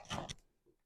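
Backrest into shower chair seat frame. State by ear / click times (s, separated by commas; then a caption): not seated / none. A plastic backrest is slid down onto the seat frame of a Drive Medical shower chair, making a broadband scraping rustle from about 0.1 to 0.3 s, a brief sharp knock near 0.3 s, and a faint low thud around 0.7 s. Nothing has snapped into place yet; the backrest is still being handled and is not seated.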